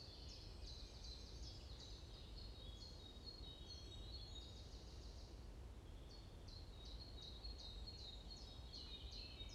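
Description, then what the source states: Birds twittering with bright overlapping high chirps, a brief lull, then a steady series of short repeated notes; a low rumble runs throughout. Morning birds chirping in a forest at Bosvoorde, Watermaal-Bosvoorde, Brussels, Belgium; described as peaceful ('rust'); recorded with an AMBE VR microphone.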